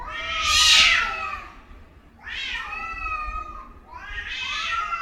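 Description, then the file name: Domestic cat caterwauling in three loud, harsh wails, the first strongest and highest, the later two rising and sliding down, with a low rumbling background. Cats in heat. "Gatos No Cio"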